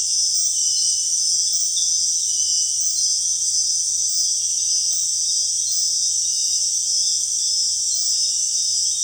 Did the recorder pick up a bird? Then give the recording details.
no. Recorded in secondary vegetation near Puerto Asís, Putumayo, Colombia, on 22 June 2025 at 18:30. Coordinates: 0.485, -76.322. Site GP06